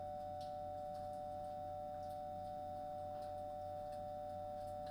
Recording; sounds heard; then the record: poultry house recording; no chicken sound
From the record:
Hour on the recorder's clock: 21